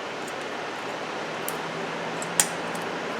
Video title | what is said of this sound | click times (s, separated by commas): Replace Front Brakes 2007-14 Chevy Silverado | you push them down, and you'll hear them snap in. | 1.5 s, 2.4 s